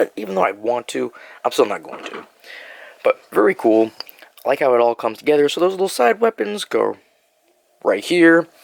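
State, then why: Not seated. Someone talks while handling small plastic side weapons for a transforming robot toy, lining them up to go into their mount. Light handling noise is heard under the talking, with no distinct click. Nothing has seated or clicked yet by the end of the clip.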